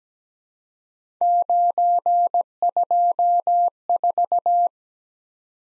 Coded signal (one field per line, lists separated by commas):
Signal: Morse code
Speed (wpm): 17 wpm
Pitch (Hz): 700 Hz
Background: none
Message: 924